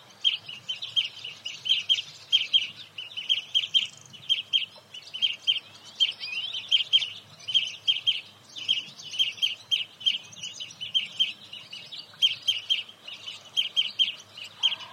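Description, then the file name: European greenfinch giving continuous twittering chirps in rhythmic bursts, a steady stream of bright notes lasting the whole stretch, with faint low background noise. "Chloris chloris"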